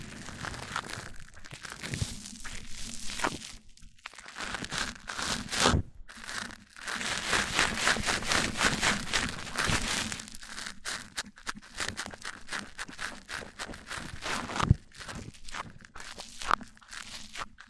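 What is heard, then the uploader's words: Mic-on-mic triggers: crinkly, scratchy rubbing with dense, bright texture that comes in bursts, pausing briefly near 4 and 6 seconds. Sharp taps land around 2, 6 and 15 seconds, and a low steady hum runs underneath throughout. ASMR MIC ON MIC Triggers Richer Sounds, Intense Tingles!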